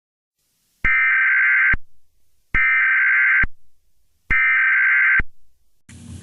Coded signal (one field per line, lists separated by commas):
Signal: Emergency Alert System (SAME) tones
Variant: header bursts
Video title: EAS Scenario: Scary Special Scenario - The Blood Weather